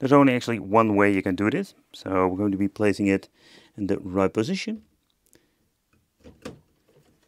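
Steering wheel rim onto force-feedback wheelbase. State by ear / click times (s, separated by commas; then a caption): not seated / none. A steering wheel rim is lined up and placed onto the shaft of a PXN V99 force-feedback wheelbase, which only fits one way. Someone talks, then a few faint knocks and a soft thud are heard as the wheel goes on. Nothing has clicked or seated yet; the wheel is to be secured afterward by turning a retaining nut.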